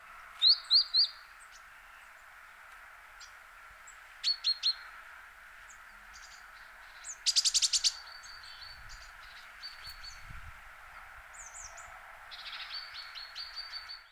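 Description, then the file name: Great tit calls: short high chirping notes in quick groups of three or four, a rapid scratchy rattle near the middle, then more thin chirps toward the end over faint hiss. "Parus major"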